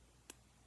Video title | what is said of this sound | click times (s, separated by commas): Land Big Fish Order! Megabass! Queen Tackle! Keitech! | that just pops right in so | 0.3 s